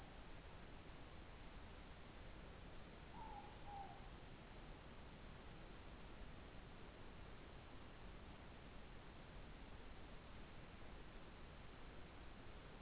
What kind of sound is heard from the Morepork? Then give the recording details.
more-pork call. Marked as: faintness 2/5. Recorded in New Zealand. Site Taranaki